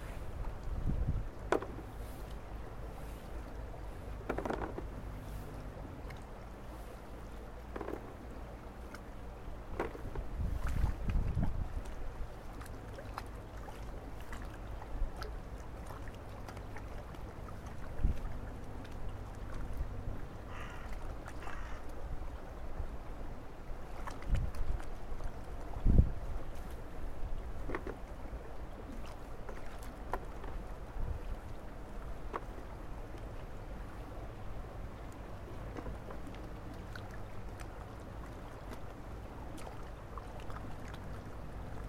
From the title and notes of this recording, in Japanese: 今日もいつもの湧水洗い場で、収穫した人参を洗っています。日差しは春めいてきましたが、空気はまだ冷たい(昼間7度、最低−6度)。静かで穏やかな日。湧水で人参洗い。